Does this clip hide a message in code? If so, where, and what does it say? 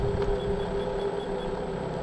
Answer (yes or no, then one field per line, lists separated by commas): no